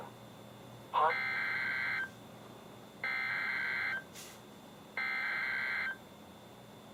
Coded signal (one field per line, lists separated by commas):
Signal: Emergency Alert System (SAME) tones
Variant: header bursts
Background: speech